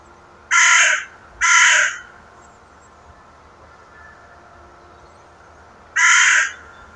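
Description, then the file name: Carrion crow with two quick harsh caws, a pause of several seconds, then one more hoarse caw. "Corvus corone"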